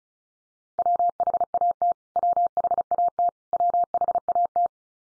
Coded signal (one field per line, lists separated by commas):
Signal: Morse code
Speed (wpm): 34 wpm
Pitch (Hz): 700 Hz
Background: none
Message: WHAT WHAT WHAT